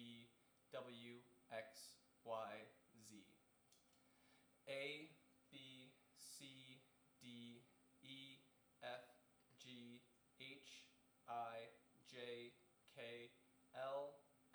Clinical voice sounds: letters of the alphabet, spoken; free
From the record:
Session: seven days later

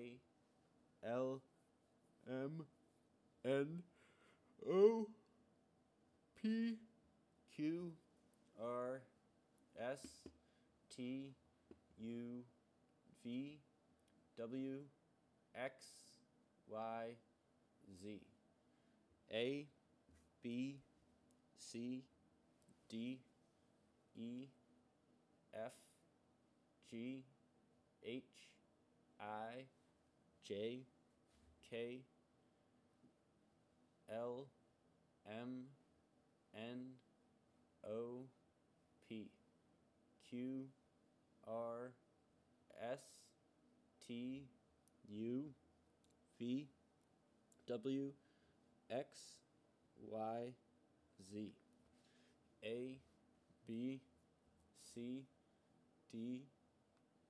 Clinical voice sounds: letters of the alphabet, spoken; free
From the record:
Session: seven days later

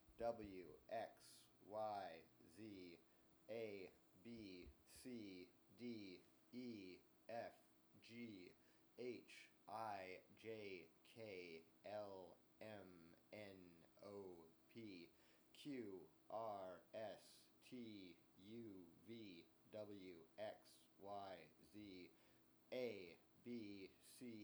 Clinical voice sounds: letters of the alphabet, spoken; free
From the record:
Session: seven days later

